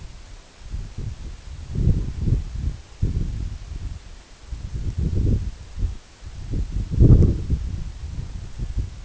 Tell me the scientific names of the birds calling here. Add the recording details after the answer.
none. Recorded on Arctic tundra, site EABA-1, on 26 June 2018. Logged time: 08:00